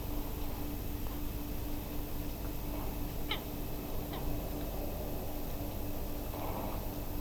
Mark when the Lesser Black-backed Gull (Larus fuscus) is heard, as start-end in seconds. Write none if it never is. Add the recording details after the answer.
3.29-3.38, 4.13-4.21. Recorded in France